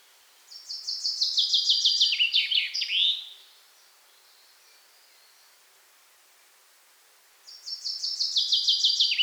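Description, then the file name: Common chaffinch song: one full cascading trill dropping in pitch and closing with a flourish, then a second phrase begins after a pause of several seconds. "Fringilla coelebs"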